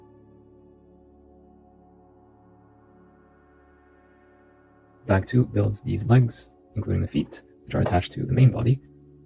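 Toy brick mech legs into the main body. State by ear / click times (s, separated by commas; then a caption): not seated / none. Assembled plastic LEGO brick mech legs, feet included, are being handled to attach to the mech's main body. A steady low tonal hum plays for about five seconds before someone talks. Nothing has seated or clicked into place yet.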